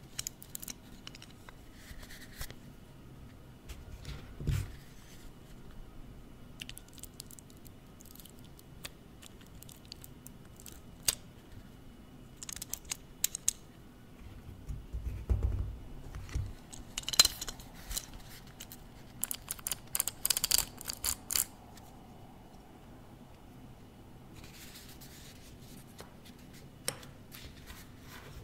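Close-up tapping and tracing on office objects, with short sharp taps and scratchy rubbing scattered irregularly over a low, quiet hum. Activity clusters around 4–5 seconds, 11–13 seconds, and a busier stretch from 15 to 22 seconds, with a few soft thuds.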